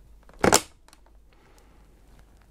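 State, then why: Seated. The first DDR5 memory stick is pressed firmly down into a motherboard DIMM slot, giving a loud crunching burst as the retention clasps lock with clicks at 0.4 s and 0.5 s. A few faint ticks follow before the clip settles into quiet, with the stick seated.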